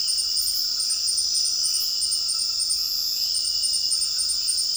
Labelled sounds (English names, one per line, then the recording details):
none
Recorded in dense forest near Puerto Asís, Putumayo, Colombia, on 21 February 2024 at 01:00
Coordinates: 0.481, -76.318
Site G6421